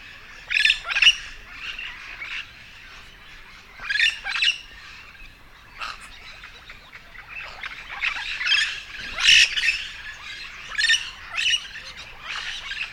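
Yellow-shouldered parrot calls, scattered harsh squawks in clusters with brief pauses.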